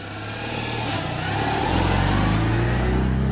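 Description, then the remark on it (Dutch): A Citroën 2CV car engine runs with a steady low, buzzing drone, its pitch climbing slightly as it revs up partway through and then holding at a louder, rougher hum. No one speaks. “Ja, dat is een onmiskenbaar het geluid van de Deux Chevaux, ook wel de lelijke eend genoemd.”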